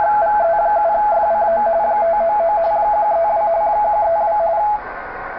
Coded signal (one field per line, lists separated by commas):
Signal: RTTY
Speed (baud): 45.45 baud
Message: VE7FCO 599 132 132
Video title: Tecsun PL-660: Decoding RTTY w/ Digital Master 780